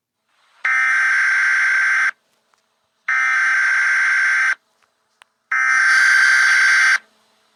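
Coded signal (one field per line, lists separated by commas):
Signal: Emergency Alert System (SAME) tones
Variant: header bursts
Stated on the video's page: Fictional EAS scenario alert tones.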